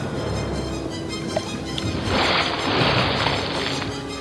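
A steady wash of rough sea water and strong wind, then a broad rushing splash swells in after a couple of seconds and churns on as a lifeboat is lowered from a ship onto the choppy waves.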